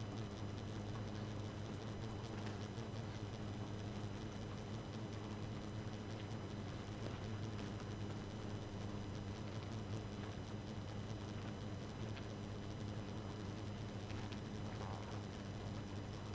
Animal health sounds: honeybee colony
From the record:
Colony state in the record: active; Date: 12 June 2018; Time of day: 2:15

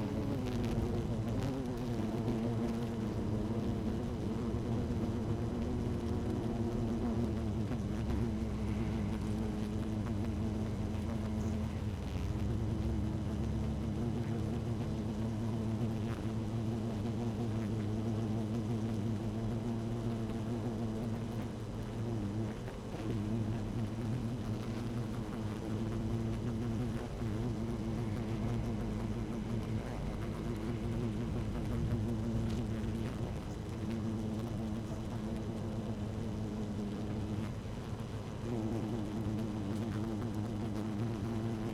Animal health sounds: honeybee colony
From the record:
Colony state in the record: active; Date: 12 June 2018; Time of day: 13:53

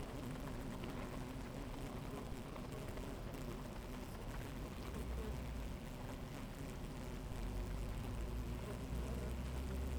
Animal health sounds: honeybee colony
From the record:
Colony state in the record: active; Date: 28 July 2017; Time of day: 11:11

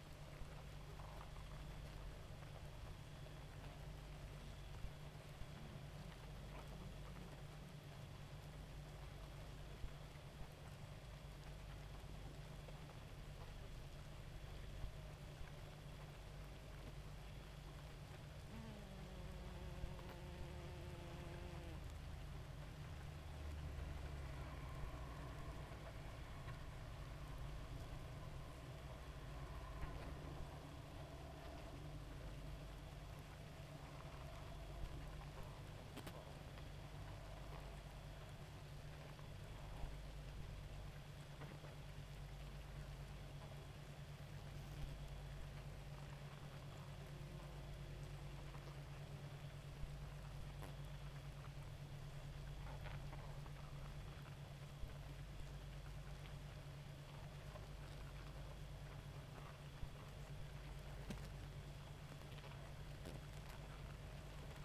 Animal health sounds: honeybee colony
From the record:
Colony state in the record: active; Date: 28 July 2017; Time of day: 2:08

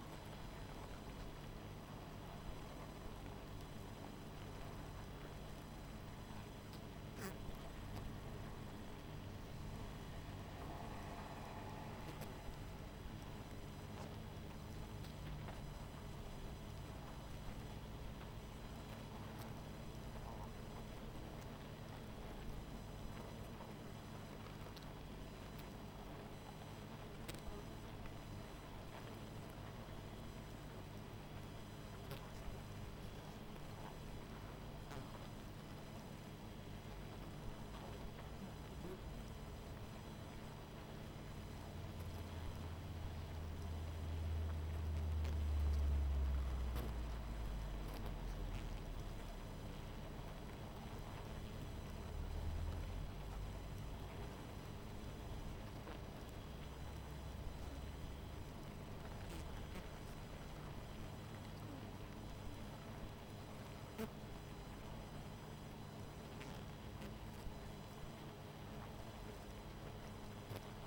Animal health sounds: honeybee colony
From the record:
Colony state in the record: missing queen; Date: 14 July 2017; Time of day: 20:10

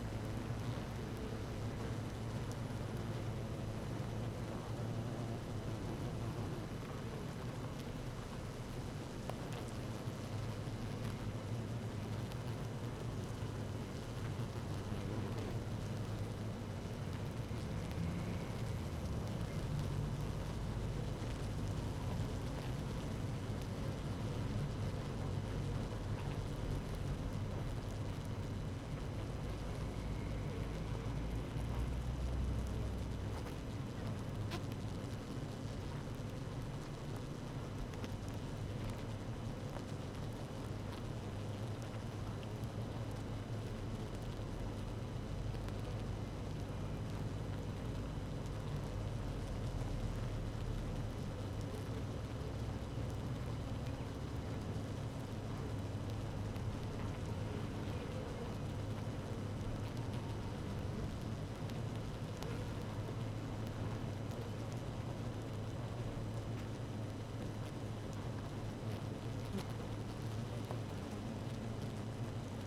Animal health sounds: honeybee colony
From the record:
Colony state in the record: active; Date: 12 June 2018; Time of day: 15:28

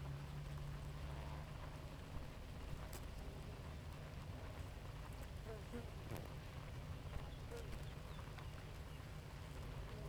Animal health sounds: honeybee colony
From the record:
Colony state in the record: active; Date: 28 July 2017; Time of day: 4:19

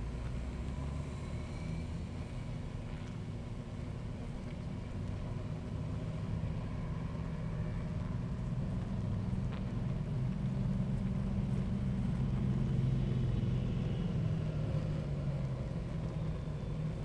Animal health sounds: honeybee colony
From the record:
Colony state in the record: active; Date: 28 July 2017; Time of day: 16:49

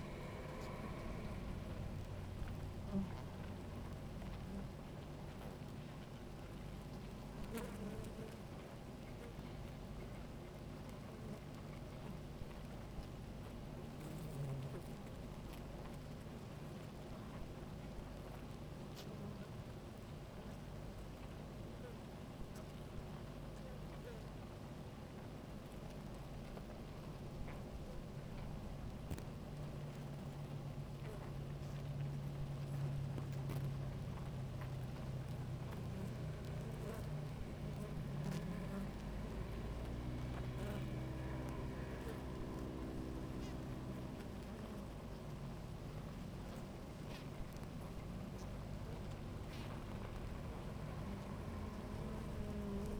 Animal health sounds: honeybee colony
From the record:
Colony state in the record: active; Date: 28 July 2017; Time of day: 17:17

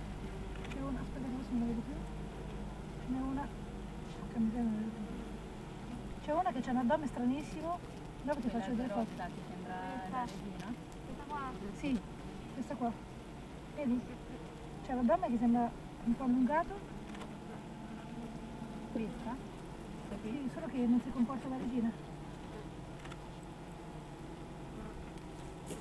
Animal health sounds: honeybee colony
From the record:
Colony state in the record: active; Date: 28 July 2017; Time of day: 8:07

